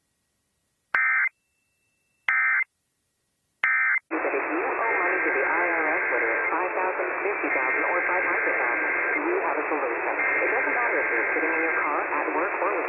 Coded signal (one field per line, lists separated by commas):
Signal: Emergency Alert System (SAME) tones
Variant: header bursts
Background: speech